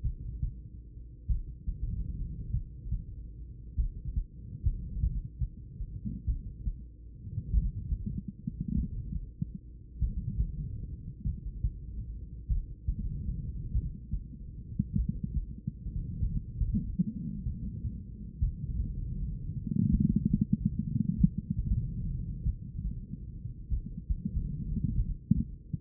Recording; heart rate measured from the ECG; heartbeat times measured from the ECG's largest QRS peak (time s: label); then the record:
heart sounds by stethoscope; 48 bpm
0.01 s: heartbeat
1.26 s: heartbeat
2.50 s: heartbeat
3.75 s: heartbeat
5.00 s: heartbeat
6.25 s: heartbeat
7.50 s: heartbeat
8.74 s: heartbeat
9.99 s: heartbeat
11.23 s: heartbeat
12.47 s: heartbeat
13.71 s: heartbeat
14.95 s: heartbeat
16.19 s: heartbeat
17.43 s: heartbeat
18.38 s: heartbeat
19.90 s: heartbeat
21.17 s: heartbeat
22.43 s: heartbeat
23.68 s: heartbeat
24.94 s: heartbeat
From the record:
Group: heart failure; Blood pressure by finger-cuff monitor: 91/31 mmHg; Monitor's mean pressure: 56 mmHg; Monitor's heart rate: 48 bpm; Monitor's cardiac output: 5.4 L/min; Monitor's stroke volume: 112 mL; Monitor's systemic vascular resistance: 720 dyn s/cm5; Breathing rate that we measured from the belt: 21 breaths a minute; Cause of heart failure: idiopathic cardiomyopathy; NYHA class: 2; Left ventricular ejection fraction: 53%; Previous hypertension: present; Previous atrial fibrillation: present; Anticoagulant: apixaban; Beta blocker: bisoprolol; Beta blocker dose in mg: 2.5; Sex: female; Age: 67 years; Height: 150 cm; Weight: 81 kg